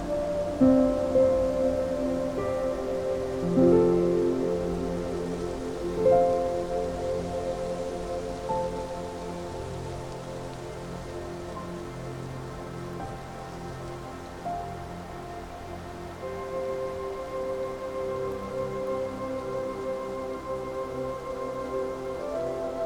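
Gentle, relaxing music of long held tones, with fresh notes swelling in at the start, around 4 and 6 seconds, and again near 16 seconds. A steady, even rustling hiss like leaves or light rain runs underneath throughout, with the volume dipping slightly mid-clip.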